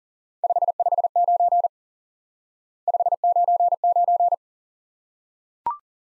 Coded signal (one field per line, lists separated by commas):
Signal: Morse code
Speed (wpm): 38 wpm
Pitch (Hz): 700 Hz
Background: none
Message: 559 599